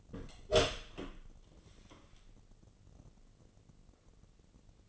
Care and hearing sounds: daily activity, microphone in the room; open door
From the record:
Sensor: 4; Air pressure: 1013.2 hPa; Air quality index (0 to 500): 178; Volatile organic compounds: 2 ppm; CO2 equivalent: 1121 ppm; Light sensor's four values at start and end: 73/178/75/76 and 93/232/97/103

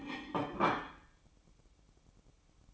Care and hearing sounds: daily activity, microphone in the room; place plate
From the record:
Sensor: 1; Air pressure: 1007.5 hPa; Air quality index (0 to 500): 77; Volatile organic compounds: 1 ppm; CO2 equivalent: 668 ppm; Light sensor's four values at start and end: 8/18/7/8 and 8/18/7/8

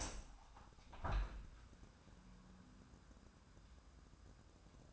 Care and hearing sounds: daily activity, microphone in the room; open window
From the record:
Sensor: 2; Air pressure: 997.8 hPa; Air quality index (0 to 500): 130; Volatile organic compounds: 3 ppm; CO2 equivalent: 1467 ppm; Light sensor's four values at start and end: 11/32/13/12 and 11/32/13/12

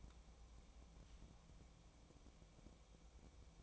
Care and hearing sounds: daily activity, microphone in the room; take from stove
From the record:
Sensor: 1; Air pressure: 1000.0 hPa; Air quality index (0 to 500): 134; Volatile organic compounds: 2 ppm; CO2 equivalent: 1272 ppm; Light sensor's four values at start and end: 40/101/42/53 and 40/101/42/53

